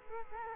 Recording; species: mosquito wingbeat signal from an infrared sensor; Culex quinquefasciatus